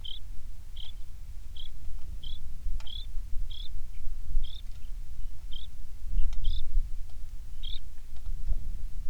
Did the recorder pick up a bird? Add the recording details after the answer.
yes. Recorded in the Prudhoe Bay oil fields, Alaska, on 27 July 2019 at 18:32. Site 19